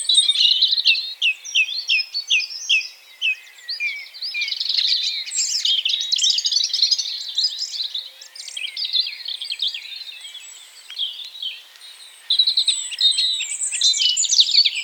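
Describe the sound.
Birds singing in a dense chorus, a run of rapid repeated chirps at the start, then overlapping whistles and warbles that swell and fade.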